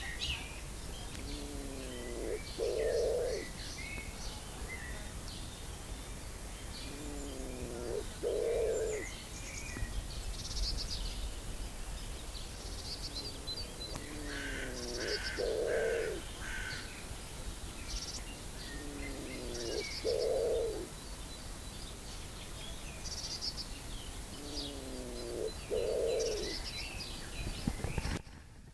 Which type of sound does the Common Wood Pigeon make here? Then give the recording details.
call. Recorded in the wild. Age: adult. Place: Lübars (Fließtal), Berlin, DE. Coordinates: 52.6167, 13.35. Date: 2001-04-28 11:24. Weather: fair, ca. 15°C. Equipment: Nagra SN, Kopie Uher 4000 Report Monitor. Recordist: Tembrock, Günter. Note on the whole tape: Zweisilbige Laute